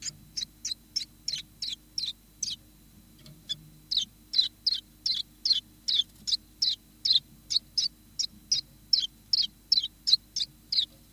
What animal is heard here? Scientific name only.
Phylloscopus collybita